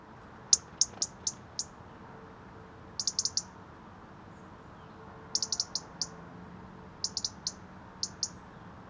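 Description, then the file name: European robin repeating dry, clicking tick calls in clusters of two to five, at irregular intervals over faint hiss. "Erithacus rubecula"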